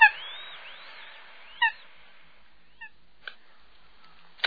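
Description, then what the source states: Eurasian coot giving a few short, sharp notes at irregular intervals, with thin arching whistled notes early on. Song and calls.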